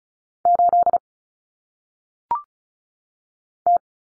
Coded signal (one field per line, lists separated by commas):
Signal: Morse code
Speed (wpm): 36 wpm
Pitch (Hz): 700 Hz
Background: none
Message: 8 T